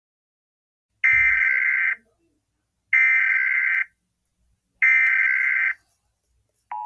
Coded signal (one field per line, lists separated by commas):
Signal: Emergency Alert System (SAME) tones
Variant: header bursts